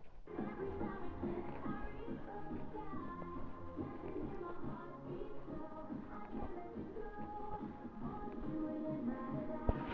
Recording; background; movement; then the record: deep breathing; music; walking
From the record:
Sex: female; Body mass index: 22.6 kg/m2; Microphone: on the chest, facing the body